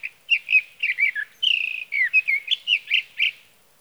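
Sage thrasher singing a continuous warbling jumble of short, varied, high notes, with a brief sustained buzzy trill partway through, on a quiet background.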